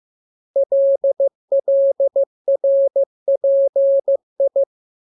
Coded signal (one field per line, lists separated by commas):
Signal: Morse code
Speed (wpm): 15 wpm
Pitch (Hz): 550 Hz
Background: none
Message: LLRPI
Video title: Learning Morse Code. Lesson 17. Letter KMURESNAPTLWI.JZ=F